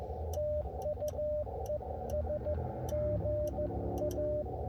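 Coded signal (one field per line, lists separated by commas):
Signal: Morse code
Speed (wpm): 14 wpm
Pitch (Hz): 600 Hz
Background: none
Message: TU ES GA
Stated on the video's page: Park activation from inside a car at a state park.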